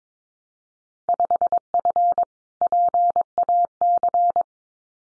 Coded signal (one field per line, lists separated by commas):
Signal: Morse code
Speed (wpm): 22 wpm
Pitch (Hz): 700 Hz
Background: none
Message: 5F PAC